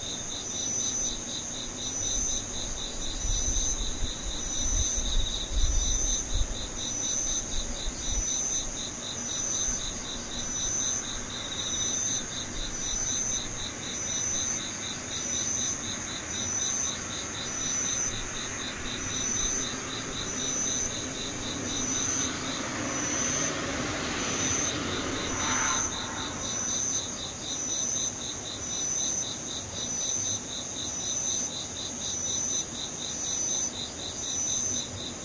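Insects trill steadily throughout, a bright, fast pulsing chirr that repeats in regular rows and keeps the same pitch. Beneath it runs a low rumble, heavier around five to seven seconds, and a brief whooshing swell passes near twenty-three to twenty-six seconds.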